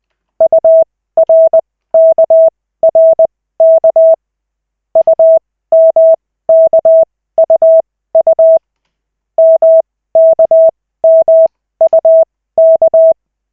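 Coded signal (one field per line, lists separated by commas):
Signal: Morse code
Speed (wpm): 20 wpm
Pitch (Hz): 650 Hz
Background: none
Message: URKRK UMKUU MKMUK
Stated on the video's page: Koch method Morse practice session, lesson 3 of 40, five minutes, generated by the LCWO.net website.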